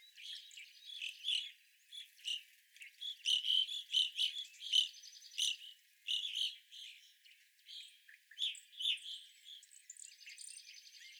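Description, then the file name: Evening grosbeaks chattering: dense runs of loud, ringing chirps, busiest in the first half, with a buzzy trill behind. Several evening grosbeaks recorded on 25 April 2021. "2021-04-25 Evening Grosbeaks"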